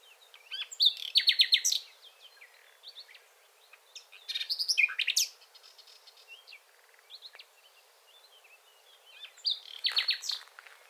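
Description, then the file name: Common nightingale song: three loud bursts of rapid repeated notes and rattling trills, separated by pauses filled with soft, scattered chirps and short whistles. "Luscinia megarhynchos"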